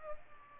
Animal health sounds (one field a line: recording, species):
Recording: mosquito wingbeat signal from an infrared sensor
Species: Aedes aegypti